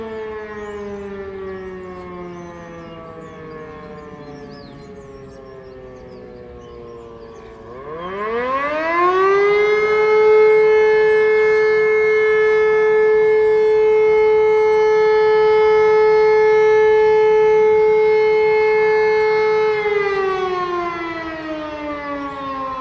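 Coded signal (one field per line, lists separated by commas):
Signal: siren signal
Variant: E57 motor siren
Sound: motor siren winding down, then rising to a steady wail about 12 seconds, then falling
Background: outdoor ambience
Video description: Monatliche Sirenenprobe in Hennef-Heisterschoß am 4. Samstag im Monat um 11.30 Uhr mit dem Signal "Feueralarm".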